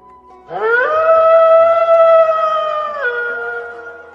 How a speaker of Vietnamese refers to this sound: Sói đen gào thét, toàn thân rung động, hung hãn không thôi.